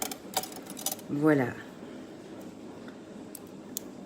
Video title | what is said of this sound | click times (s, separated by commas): Boutique Carcassonne Églantine de c Toulouse direct live jour 6 | que vous avez entendu ça s'ouvre claque sa ferme voilà | 3.8 s